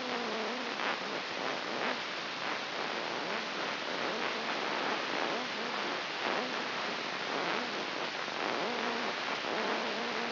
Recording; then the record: brain microelectrode recording played as sound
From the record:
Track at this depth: inside the subthalamic nucleus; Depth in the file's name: 5.712 mm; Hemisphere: left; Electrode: 3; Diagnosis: Parkinson's disease